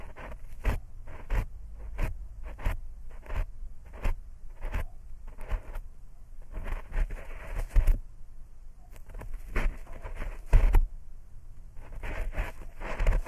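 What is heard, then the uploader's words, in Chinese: Ear picking with no voice: a steady stream of crisp scratching and rustling strokes, some quick and clicky, others longer rubbing sweeps. They come in irregular clusters, several per second, with brief quieter pauses near six and twelve seconds over a faint low rumble. 掏耳无人声助眠。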